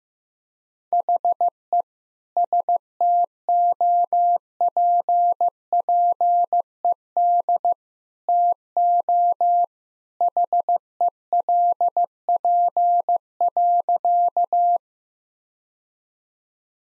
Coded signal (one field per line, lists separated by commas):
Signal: Morse code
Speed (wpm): 15 wpm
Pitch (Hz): 700 Hz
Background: none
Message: HE STOPPED TO HELP.